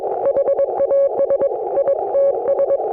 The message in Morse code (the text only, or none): HAS ITS